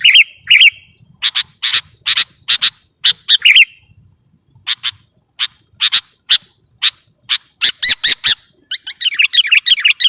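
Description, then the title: Sooty-headed bulbul song: warbled phrases mixed with sharp clipped notes in quick sequence, closing with a dense rapid chatter; faint low rumble beneath. "kutilang"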